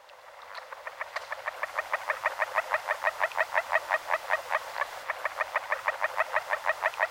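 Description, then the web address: Agile frog calls: a long series of rapid, evenly spaced notes, growing louder at first. "Fotoim Hangok Rana dalmatina"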